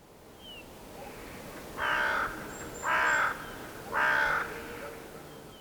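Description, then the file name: Carrion crow cawing: three harsh, hoarse caws about a second apart over a steady background hiss. "Corvus corone"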